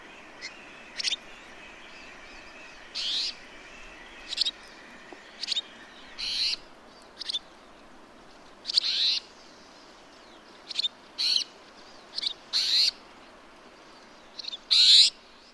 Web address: cantos estorninosoberbio